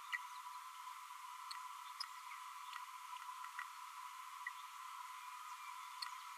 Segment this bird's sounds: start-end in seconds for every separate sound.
0.12-0.17